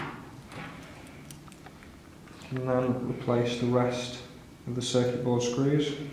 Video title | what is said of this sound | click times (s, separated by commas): How to change the colour of your IPhone 4s - JustPhoneTips | and push down until you hear it snap onto there | 1.3 s